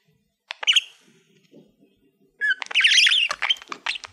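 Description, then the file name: Budgerigar calls, a few scratchy chirps followed by a dense burst of warbled chatter. "Budgie Sounds Khoshhal"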